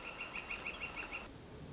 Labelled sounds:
Northern Flicker
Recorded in Sonoma County, California

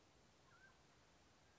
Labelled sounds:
Mountain Quail
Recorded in Sonoma County, California

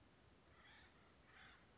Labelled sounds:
Acorn Woodpecker
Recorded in Sonoma County, California

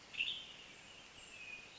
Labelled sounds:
Western Tanager
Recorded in Sonoma County, California

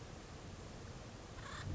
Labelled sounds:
Acorn Woodpecker
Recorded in Sonoma County, California

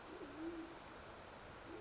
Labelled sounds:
Band-tailed Pigeon
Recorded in Sonoma County, California

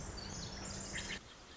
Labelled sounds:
Pacific Wren
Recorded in Sonoma County, California

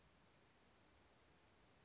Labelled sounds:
California Towhee
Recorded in Sonoma County, California

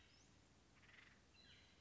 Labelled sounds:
Acorn Woodpecker
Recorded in Sonoma County, California

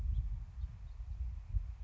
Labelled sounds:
House Finch
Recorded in Sonoma County, California

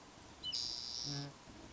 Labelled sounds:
Spotted Towhee
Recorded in Sonoma County, California

